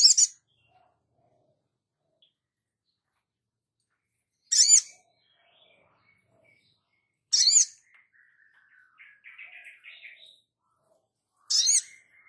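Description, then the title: Spiderhunter giving sharp, very high chips spaced a few seconds apart, with a soft, lower twittering passage between two of them. Labaik variant, from a masteran training recording for cage birds. "Sogok Ontong Labaik"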